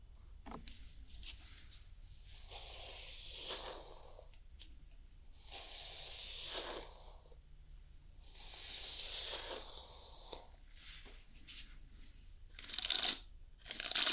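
Someone brushes a cat in slow, repeated strokes, each a soft bristly hiss lasting about two seconds, coming roughly every three seconds. A low steady hum runs underneath throughout. Near the end, a few sharper clicks and rustles break in.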